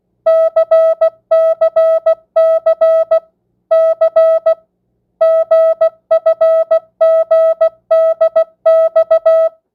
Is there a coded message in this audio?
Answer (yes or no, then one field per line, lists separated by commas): yes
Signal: Morse code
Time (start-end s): 0.3-9.5 s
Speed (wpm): 16 wpm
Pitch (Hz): 650 Hz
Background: music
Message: CCC C GFGDX